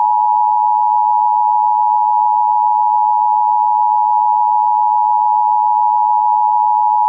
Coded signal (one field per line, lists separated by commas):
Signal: Emergency Alert System (SAME) tones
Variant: 853 and 960 Hz attention tone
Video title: Emergency Alert System! Flood Watch For Greene County, MO